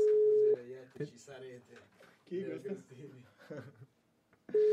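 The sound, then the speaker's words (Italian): A phone line rings out with a steady, mid-pitched ringback tone at the start and again at the end, unanswered, while a person talks in the gap between the two loud tones; a call placed live on a radio show that goes unanswered. “Vediamo se la Buzzi ci risponde al telefono.”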